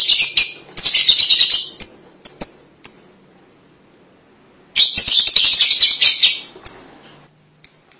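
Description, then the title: Lovebird calls: shrill, buzzy chattering bursts high in pitch alternating with short sharp squeaks, two long bouts separated by a few seconds of quiet. "Suara Burung Lovebird"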